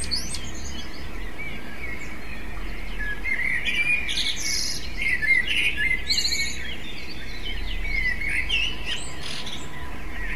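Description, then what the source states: Common blackbird song: short fluted phrases followed by thin, squeaky twitters, separated by brief pauses, over a steady low rumble. Device: MZ-N 710; part of a phonography compendium.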